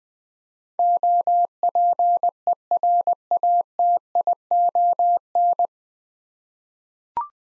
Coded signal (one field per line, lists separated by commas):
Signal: Morse code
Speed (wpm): 20 wpm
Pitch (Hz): 700 Hz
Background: none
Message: OPERATION